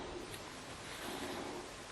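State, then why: Not seated. An airsoft inner barrel, a Prometheus 6.03 for a Krytac LMG, is handled toward the hop-up unit after a ring is fitted to close a gap, with the barrel retaining clip about to snap into the hop-up. Only steady, hiss-like broadband noise is heard, with no distinct transients. Nothing has seated or clicked yet.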